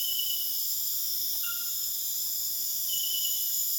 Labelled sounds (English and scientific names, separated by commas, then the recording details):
none
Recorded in dense forest near Puerto Asís, Putumayo, Colombia, on 29 June 2025 at 21:30
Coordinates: 0.484, -76.325
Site H65